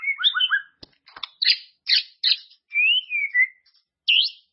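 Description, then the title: White-rumped shama song mixing looping whistles with harsh, scratchy chirps, a smooth wavering whistle and a final sharp note; a few soft clicks between. "murai batu"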